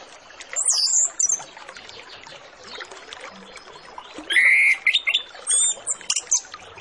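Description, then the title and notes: Orange-headed Thrush song in two loud bursts of varied whistles and high sweeping notes, separated by a few seconds of background noise. Lure recording used to make Orange-headed Thrushes sing quickly and openly; full 'isian' song with fill-in phrases. "Masteran Anis Kembang Full Isian Untuk Suara Pancingan Anis Kembang Agar Cepat Ngeplong. Suara Burung Anis Kembang"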